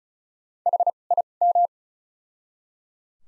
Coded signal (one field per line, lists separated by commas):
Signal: Morse code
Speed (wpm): 36 wpm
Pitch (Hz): 700 Hz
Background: none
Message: H I M